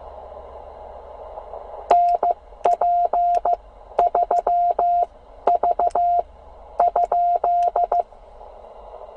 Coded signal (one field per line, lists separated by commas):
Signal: Morse code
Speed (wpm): 14 wpm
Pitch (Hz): 700 Hz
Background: radio noise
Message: NP3V ?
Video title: Some CW copy practice from Tennessee with AA4SB today